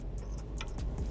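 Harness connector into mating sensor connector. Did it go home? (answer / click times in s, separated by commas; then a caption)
yes / 0.6 s. A plastic harness connector for a JMS BoostMAX Plug-N-Play Performance Booster on a Ford F-150 is slid into its mating sensor connector until it latches. Over a steady low rumble and a few faint ticks near 0.2, 0.8 and 1.0 seconds, a sharp bright click sounds at 0.6 seconds. The connector is seated and ready to be locked down.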